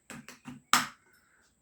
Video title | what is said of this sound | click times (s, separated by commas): motovlogging setup on axor venomous - THE KMR RIDER | टक की आवाज़ आ गई तो समझ लेना कि जे माउंट अब पूरी तरह फिक्स हो गया, अब हमारे कैमरे को कोई खतरा नहीं है। | 0.7 s